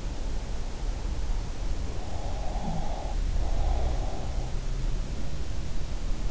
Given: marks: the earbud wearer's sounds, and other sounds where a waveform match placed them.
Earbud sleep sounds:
sounds in sleep by an in-ear microphone; breath
1.89-4.25 s: breath

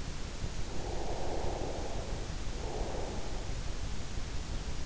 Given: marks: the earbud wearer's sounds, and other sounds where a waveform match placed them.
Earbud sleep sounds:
sounds in sleep by an in-ear microphone; breath
0.72-3.41 s: breath

